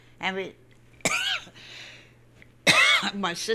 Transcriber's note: she coughs